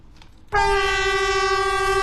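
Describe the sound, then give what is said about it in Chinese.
After a brief quiet moment, the horn of a Harmony Great Wall EMU train abruptly blares into a single long, steady, loud tone rich in harmonics, held to the end over a low rumble, as the train slowly passes along the zigzag track at the old Qinglongqiao station on the Beijing–Zhangjiakou railway, the horn echoing through the valley. “在京张铁路青龙桥老站，和谐长城号动车组从经典的人字形轨道上缓缓驶过，山谷间回荡的鸣笛声像是讲述一个久远的故事。”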